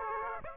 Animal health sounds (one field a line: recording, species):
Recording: mosquito wingbeat signal from an infrared sensor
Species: Aedes aegypti